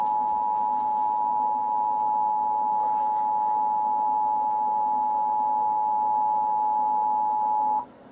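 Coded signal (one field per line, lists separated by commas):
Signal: Emergency Alert System (SAME) tones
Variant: 853 and 960 Hz attention tone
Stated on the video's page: EAS parody edit (YTP), not a real alert.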